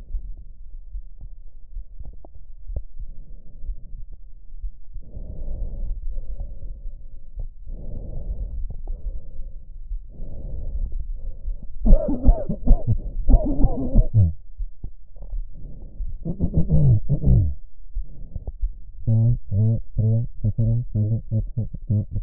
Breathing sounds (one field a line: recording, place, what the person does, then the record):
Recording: lung sounds by stethoscope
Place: right anterior apical chest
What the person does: quiet breathing, then cough and speech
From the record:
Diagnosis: none (healthy)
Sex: male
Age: 45 years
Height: 173 cm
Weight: 92 kg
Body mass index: 30.7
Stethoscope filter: extended mode